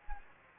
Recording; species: mosquito wingbeat signal from an infrared sensor; Anopheles gambiae